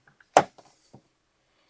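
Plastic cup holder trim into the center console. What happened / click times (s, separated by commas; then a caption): The plastic trim piece popped into place / 0.4 s. A plastic cup holder trim piece on a Ford Expedition is pressed straight down into the center console, with faint ticks beforehand. It pops into place with a loud, sharp plastic snap at 0.4 seconds, followed by a few small rattles and a soft knock near 0.9 seconds. The trim piece is seated.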